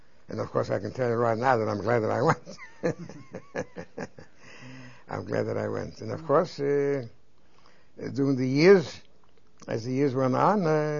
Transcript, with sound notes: And of course I can tell you right now that I'm glad that I went. (He laughs.) I'm glad that I went. And, of course, during the years, as the years went on,